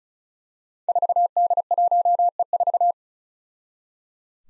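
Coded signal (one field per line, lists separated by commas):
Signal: Morse code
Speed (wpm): 36 wpm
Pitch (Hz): 700 Hz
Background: none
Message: 4D1E4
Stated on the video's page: Code drill at 35 wpm of five-character groups of easily confused letters and numbers, each sent, spoken, then sent again.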